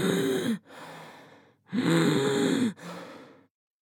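An adult takes two breaths, each a loud, strained intake with a clear musical whistling tone, followed by a softer, airy exhale. This is a wheeze, a whistling sound made as air moves through narrowed airways.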